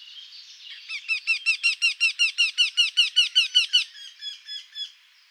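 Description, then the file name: Eurasian wryneck giving a steady string of many nasal, repeated 'kyee' notes at a brisk pace, with a few softer notes trailing off at the end. Recorded at Marcilly on 7 June 2013 at 06:00. "Torcol 20130607 0600 Marcilly"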